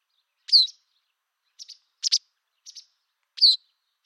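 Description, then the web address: Bird calling with a few high chirps: two sharp downslurred notes at start and end, with quieter short doubled chips between, in silence. "Bird Only"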